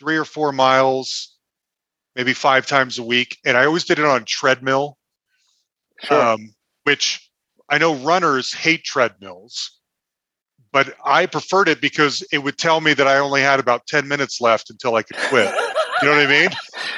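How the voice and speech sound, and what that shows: An adult man speaks in a relaxed, conversational way about his running habits, with ordinary pitch, clear articulation and natural pauses and fillers such as "um" and "you know." The voice and speech are normal and fluent.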